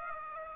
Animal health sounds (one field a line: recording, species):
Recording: mosquito wingbeat signal from an infrared sensor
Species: Aedes aegypti